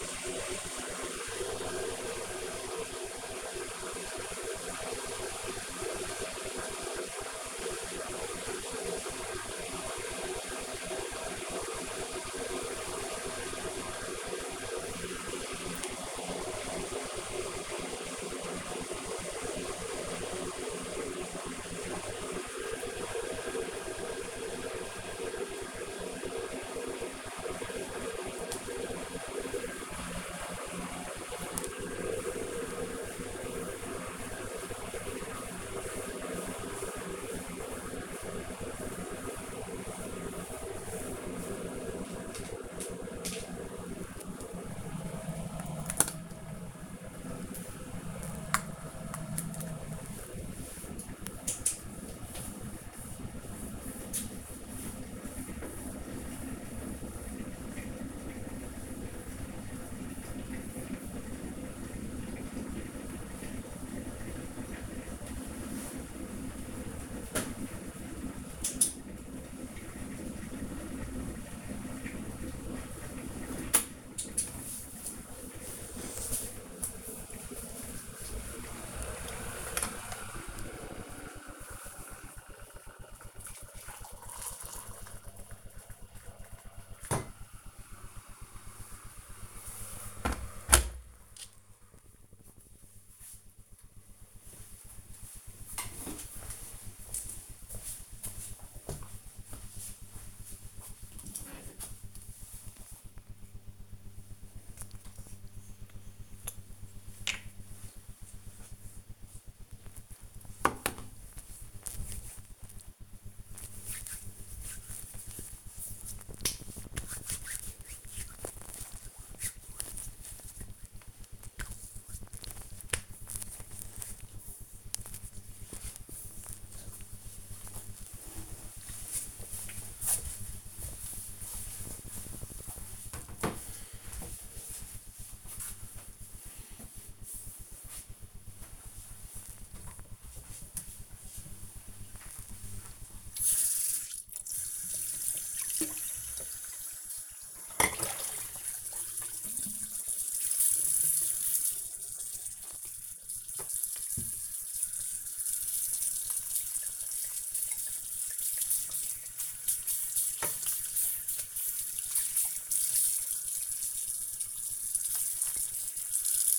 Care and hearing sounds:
household activities, microphone on the right wrist
0.00-90.36 s: making tea
104.46-124.64 s: cream hands
139.72-166.59 s: washing dishes

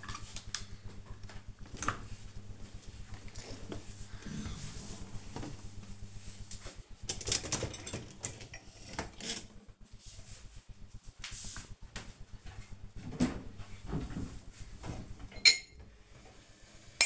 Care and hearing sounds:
household activities, microphone on the right wrist
0.50-17.06 s: cleaning out the dishwasher

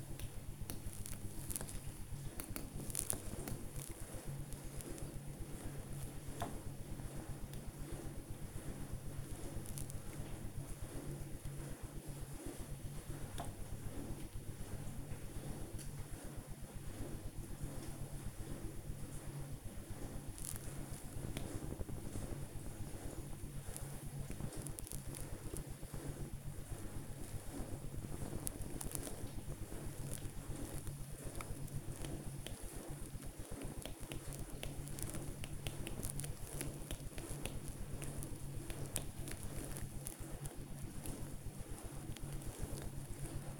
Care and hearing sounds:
household activities, microphone on the right wrist
0.00-43.60 s: working on the computer

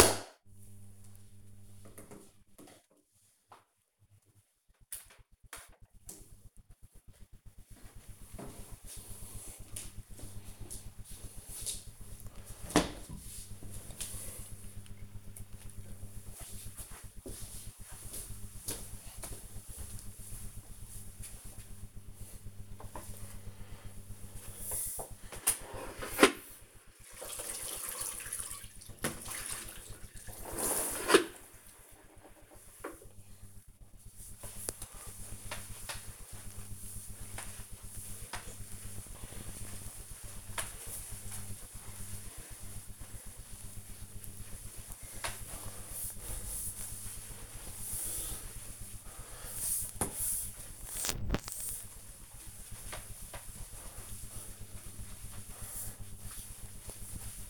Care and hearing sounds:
household activities, microphone on the right wrist
22.63-57.50 s: floor cleaning

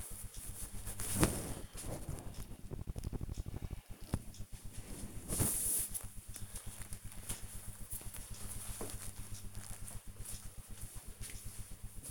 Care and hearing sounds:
household activities, microphone on the right wrist
none

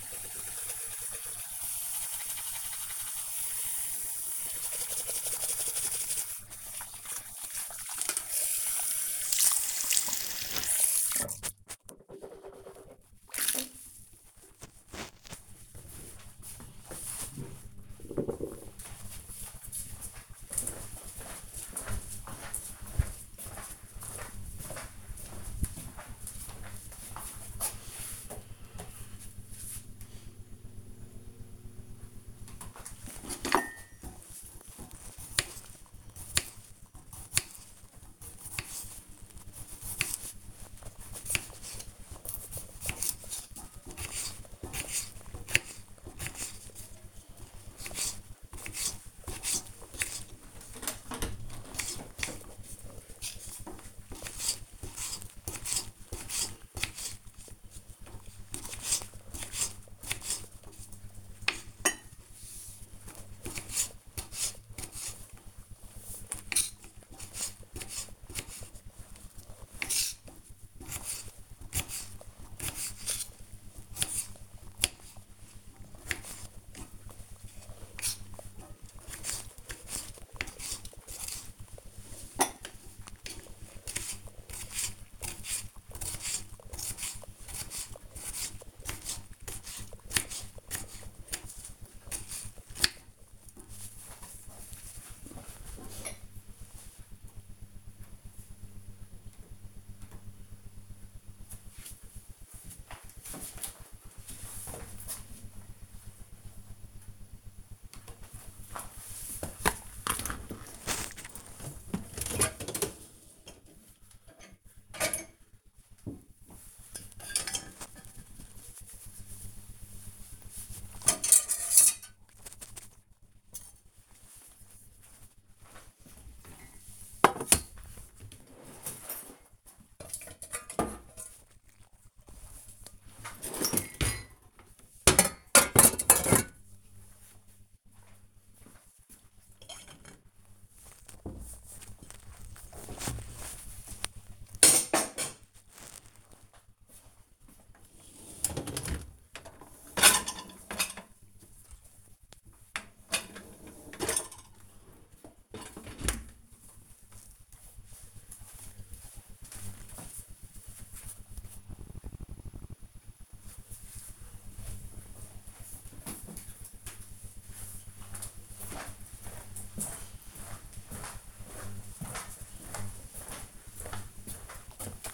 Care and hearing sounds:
household activities, microphone on the right wrist
0.00-14.65 s: brushing teeth
31.75-94.12 s: cutting vegetables
62.94 s: note: voices?
107.19-156.48 s: cleaning out the dishwasher

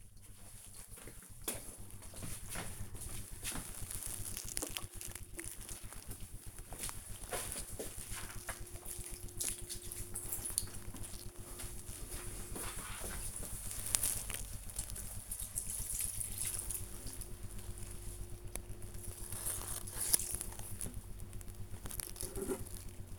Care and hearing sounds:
household activities, microphone on the right wrist
0.00-23.19 s: watering plant

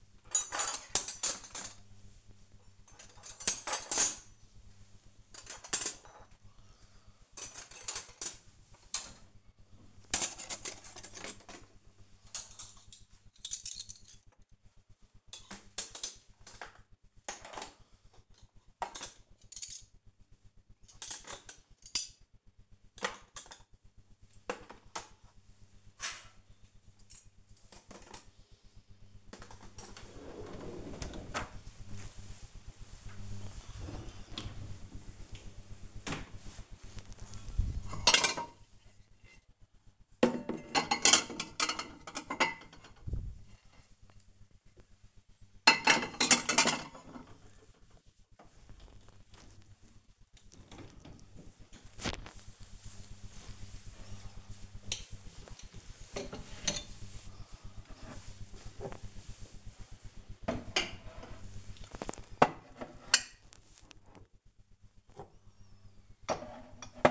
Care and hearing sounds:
household activities, microphone on the right wrist
0.00-67.11 s: putting away the dishes

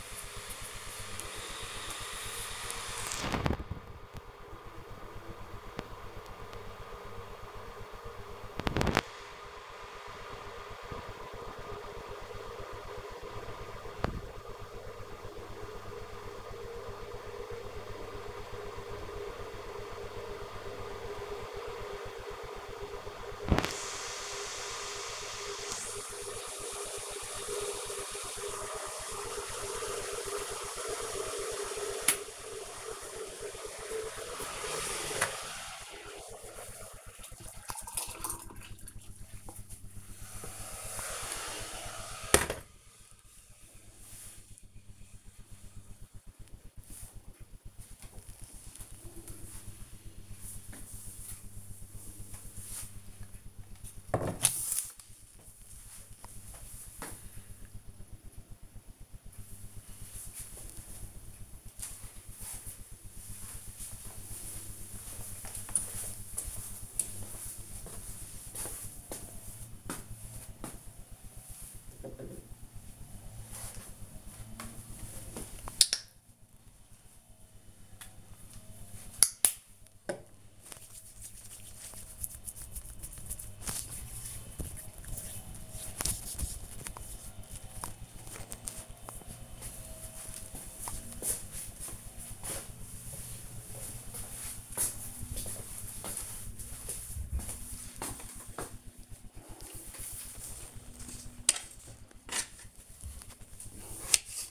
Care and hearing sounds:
household activities, microphone on the right wrist
0.00-47.48 s: making tea
73.64-87.76 s: disinfecting hands
97.82-104.51 s: cutting vegetables

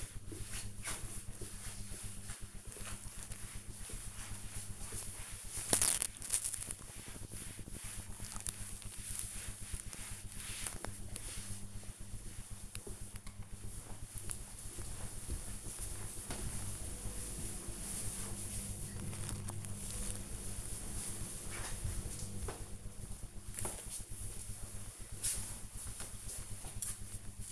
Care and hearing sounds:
household activities, microphone on the right wrist
0.00-12.44 s: cleaning table

